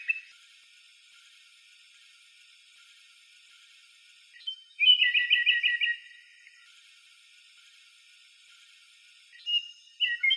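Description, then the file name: European robin song: a brief tinkling trilled phrase near five seconds and another starting at the end, over a faint steady high hiss. "Зарянка -Голос"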